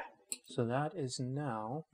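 A steel safety lever is shifted sideways into the frame of a Zastava M70 pistol and locks into place with a short, sharp click at 0.3 s. Someone talks before and after the click.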